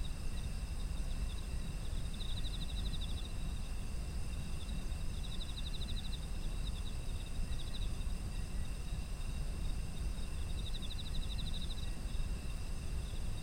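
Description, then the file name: Insects calling with short pulsed trills repeated every few seconds, steady shrill insect tones behind, and a heavy low background rumble throughout. Ambient sound of autumn insects. "秋の虫の環境音"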